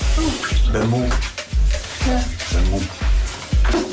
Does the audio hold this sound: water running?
yes